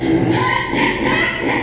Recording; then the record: squeal of a Yucatan mini pig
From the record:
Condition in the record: before surgery on the right vocal fold (resection and tissue-engineered implant); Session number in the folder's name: 2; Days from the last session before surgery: 0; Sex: male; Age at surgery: 12 weeks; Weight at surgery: 13 kg